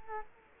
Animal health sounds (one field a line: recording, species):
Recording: mosquito wingbeat signal from an infrared sensor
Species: Culex quinquefasciatus